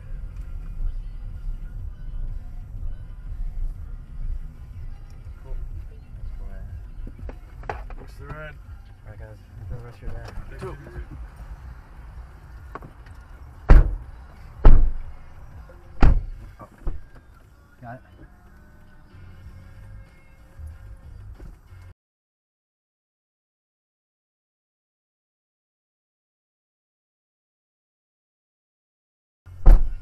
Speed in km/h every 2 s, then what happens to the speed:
18, 18, 16, 13, 0, 0, 0, 0, 0, 0, 0, 0, 0, 0, 0.
0-8 slows to 0. 8-30 standing.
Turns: none.